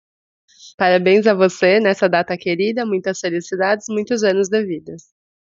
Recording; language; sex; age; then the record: short text; Brazilian Portuguese; female; 30 to 39 years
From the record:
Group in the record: control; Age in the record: 33 years